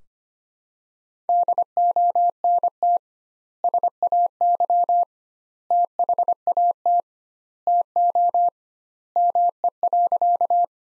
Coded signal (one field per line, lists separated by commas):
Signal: Morse code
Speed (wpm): 25 wpm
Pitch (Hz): 700 Hz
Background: none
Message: DONT SAY THAT TO ME.